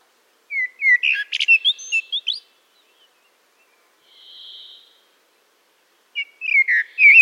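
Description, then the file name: Common blackbird singing two phrases of quick fluty notes and squeaky twitters, separated by a pause with a single soft hiss. "Turdus merula"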